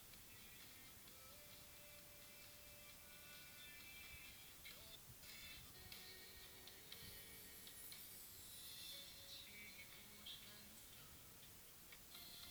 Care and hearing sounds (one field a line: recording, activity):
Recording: daily activity, guitar pickup as the sensor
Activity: browse video